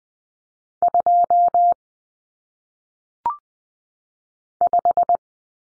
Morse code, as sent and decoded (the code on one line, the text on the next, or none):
..--- / .....
2 5